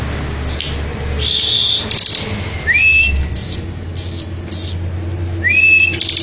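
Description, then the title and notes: Bar-winged prinia singing short buzzy chattering bursts broken by pauses, with two sharp rising whistles mixed in over a steady low background hum. Ngebren song style, used as a tutor song for white-rumped shama. "Suara burung ciblek - Suara Nada"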